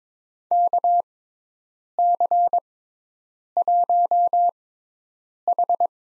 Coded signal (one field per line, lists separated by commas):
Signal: Morse code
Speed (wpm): 21 wpm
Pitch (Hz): 700 Hz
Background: none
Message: KC1H